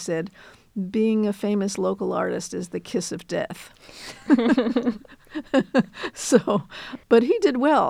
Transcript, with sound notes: He said, being a famous local artist is the kiss of death. [LAUGHTER] But he did well.